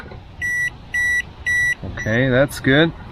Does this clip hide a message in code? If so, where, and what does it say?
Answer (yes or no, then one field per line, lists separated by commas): no